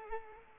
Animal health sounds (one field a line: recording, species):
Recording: mosquito wingbeat signal from an infrared sensor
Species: Culex pipiens